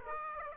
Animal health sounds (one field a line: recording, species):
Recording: mosquito wingbeat signal from an infrared sensor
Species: Aedes aegypti